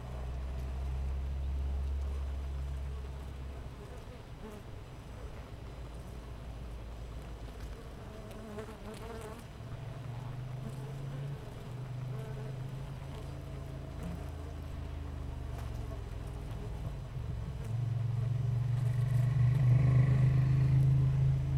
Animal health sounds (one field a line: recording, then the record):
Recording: honeybee colony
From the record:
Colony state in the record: missing queen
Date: 14 July 2017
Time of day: 5:52